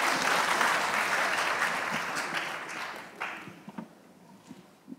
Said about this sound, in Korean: 예, 박수 좀 해주세요.